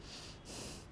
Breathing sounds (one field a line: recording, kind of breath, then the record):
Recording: one breath in and out by a microphone near the nose and mouth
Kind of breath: strong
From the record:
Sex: male